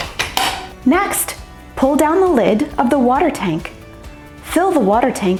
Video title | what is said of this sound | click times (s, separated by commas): How to Assemble your Shark® Steam & Scrub | insert the pole into the opening found at the top of the body then slide the pole down until you hear an audible click | 0.4 s